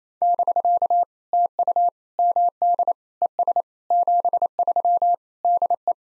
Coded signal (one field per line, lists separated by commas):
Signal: Morse code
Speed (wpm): 28 wpm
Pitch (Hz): 700 Hz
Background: none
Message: <BK> TU MD ES 73 DE